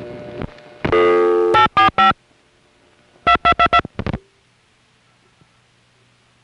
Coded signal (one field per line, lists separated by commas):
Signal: DTMF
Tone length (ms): 90 ms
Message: 845 2222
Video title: Southern California Phone Tapes 1: #5 Crossbar in Van Nuys, Summer 1974